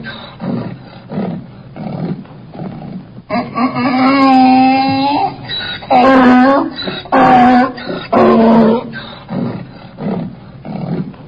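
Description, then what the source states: Donkey starting with wheezy, rhythmic huffing, then breaking into a full bray of sustained tonal notes alternating with harsh gasps, ending in softer huffs. Angry donkey.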